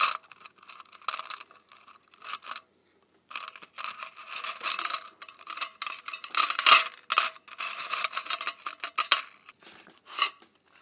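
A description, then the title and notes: Paperclips and safety pins jangle and scrape in uneven bursts of thin, bright metallic clatter, with brief pauses near two and three seconds. ASMR Paperclips and Safety Pins.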